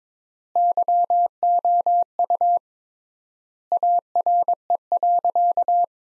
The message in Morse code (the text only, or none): YOU ARE.